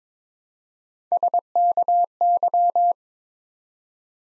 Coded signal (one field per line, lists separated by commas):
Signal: Morse code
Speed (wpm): 22 wpm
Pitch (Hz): 700 Hz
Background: none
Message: SKY